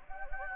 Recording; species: mosquito wingbeat signal from an infrared sensor; Anopheles gambiae